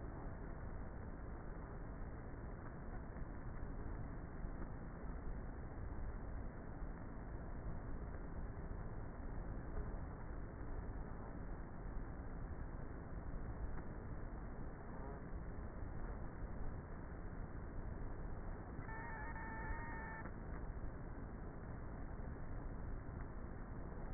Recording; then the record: honeybee colony, microphone inside the hive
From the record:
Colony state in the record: queenless with a low population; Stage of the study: before two queens were removed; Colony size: about 30,000 bees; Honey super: no